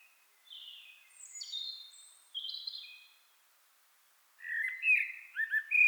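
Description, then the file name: Common blackbird giving thin high whistled notes, then after a pause a louder burst of squeaky warbled notes. "Turdus merula"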